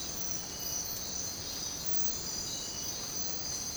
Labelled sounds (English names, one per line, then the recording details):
none
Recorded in dense forest near Puerto Asís, Putumayo, Colombia, on 22 December 2024 at 04:00
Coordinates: 0.466, -76.327
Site G075